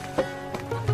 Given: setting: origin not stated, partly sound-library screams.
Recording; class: one-second piece from a danger detection set; normal situation